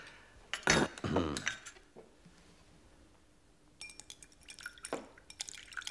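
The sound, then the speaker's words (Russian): Tea is poured into cups in a couple of short, splashy bursts, followed after a pause by a scatter of light clinks and taps of china and cutlery. No one speaks. “Чайку захотелось попить, чайку попьем.”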